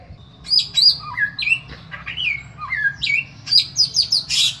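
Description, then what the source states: Bird singing in quick varied phrases: clipped high notes, then downslurred and upswept whistles, ending in a fast bright burst, with a faint low hum beneath. A song variation in the samyong style.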